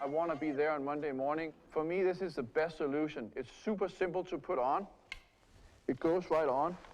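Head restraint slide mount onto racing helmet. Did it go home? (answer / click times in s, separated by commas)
no / none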